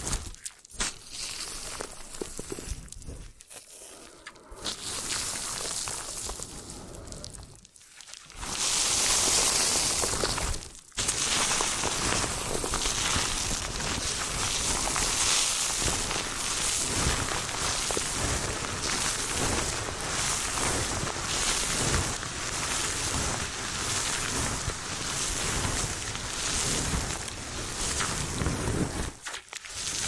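Hair washing and brushing, with wet rubbing and scrubbing strokes that come in uneven bursts and brief pauses. Around eight seconds a bright, hissing rush like running water takes over briefly, then dense, steady scrubbing fills the rest of the clip until a short stop near the end.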